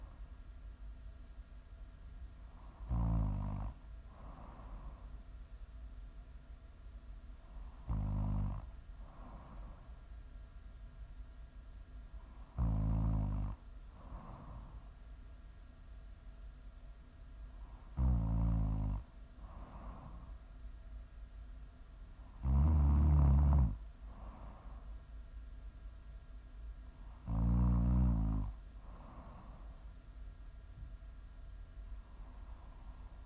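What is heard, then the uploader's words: A person snores steadily, with low, rattling snores about every five seconds, near 3, 8, 13, 18, 23 and 28 seconds. Each snore is short, and the later ones grow louder and rougher. A faint steady hum fills the quiet gaps between breaths. ASMR snoring.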